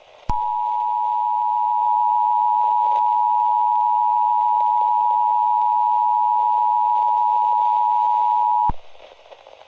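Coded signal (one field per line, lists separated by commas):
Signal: Emergency Alert System (SAME) tones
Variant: 853 and 960 Hz attention tone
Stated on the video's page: Fake severe thunderstorm warning scenario with SAME tones, not a real alert sent by the National Weather Service or the Emergency Alert System.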